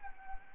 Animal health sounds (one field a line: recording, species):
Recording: mosquito wingbeat signal from an infrared sensor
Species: Anopheles arabiensis